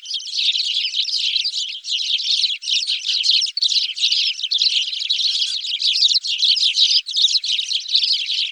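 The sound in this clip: Spanish sparrows in a busy chorus, countless overlapping chirps forming a continuous noisy chatter throughout with only tiny breaks.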